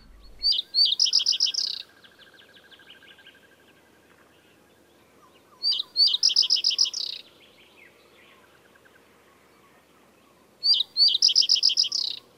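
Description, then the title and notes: Common Reed Bunting singing three brief jingling phrases of quick high notes, roughly five seconds apart. "Pajusirkku. Viikon luontoäänen esitteli Hannu Jännes"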